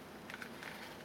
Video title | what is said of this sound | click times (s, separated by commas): Part 1 Ruger LC9 | okay and it just clicks right into place | 0.4 s